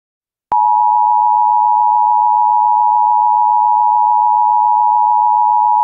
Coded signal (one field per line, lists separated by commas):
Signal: Emergency Alert System (SAME) tones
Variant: 853 and 960 Hz attention tone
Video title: EAS Scenario #6 Satanic Origin